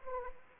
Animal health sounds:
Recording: mosquito wingbeat signal from an infrared sensor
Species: Anopheles arabiensis

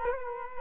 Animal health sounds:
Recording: mosquito wingbeat signal from an infrared sensor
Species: Culex quinquefasciatus

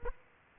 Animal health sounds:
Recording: mosquito wingbeat signal from an infrared sensor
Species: Aedes aegypti

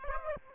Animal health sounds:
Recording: mosquito wingbeat signal from an infrared sensor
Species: Aedes aegypti

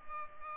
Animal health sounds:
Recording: mosquito wingbeat signal from an infrared sensor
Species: Culex pipiens

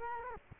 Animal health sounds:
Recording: mosquito wingbeat signal from an infrared sensor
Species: Culex quinquefasciatus

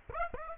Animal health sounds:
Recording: mosquito wingbeat signal from an infrared sensor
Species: Aedes aegypti

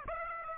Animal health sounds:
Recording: mosquito wingbeat signal from an infrared sensor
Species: Aedes aegypti

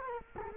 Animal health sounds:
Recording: mosquito wingbeat signal from an infrared sensor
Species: Culex quinquefasciatus

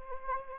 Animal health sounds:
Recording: mosquito wingbeat signal from an infrared sensor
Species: Anopheles arabiensis

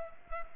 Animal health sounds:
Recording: mosquito wingbeat signal from an infrared sensor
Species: Culex pipiens

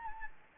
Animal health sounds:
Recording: mosquito wingbeat signal from an infrared sensor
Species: Anopheles gambiae

